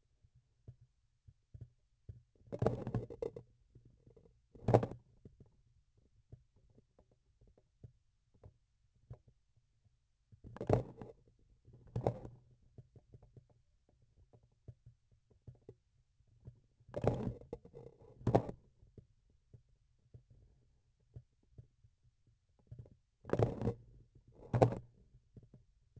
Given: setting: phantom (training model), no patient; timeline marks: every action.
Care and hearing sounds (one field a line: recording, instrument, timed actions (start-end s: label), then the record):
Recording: laparoscopic instrument, vibration sensor on the handle end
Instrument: grasping forceps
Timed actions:
2.27-3.65 s: forceps opening
4.46-5.04 s: forceps closing
10.27-11.26 s: forceps opening
11.61-12.59 s: forceps closing
16.85-17.70 s: forceps opening
18.16-18.69 s: forceps closing
23.18-24.09 s: forceps opening
24.23-25.22 s: forceps closing
From the record:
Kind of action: tool actuation without material contact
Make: other than Olympus